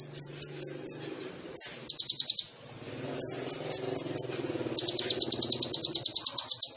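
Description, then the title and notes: Sunbird song of very high short chirps and rapid rattling trills, a quick series of clipped notes then a longer buzzy trill, over a low background hum. Indonesian masteran training song for songbirds; vigorous (gacor) song full of fill-in phrases (isian) and bursts (tembakan), suited for luring (pancingan). "MASTERAN KOLIBRI NINJA TERBAIK FULL ISIAN DAN TEMBAKAN MEWAH COCOK BUAT PANCINGAN. Suara Burung Kolibri Ninja Gacor"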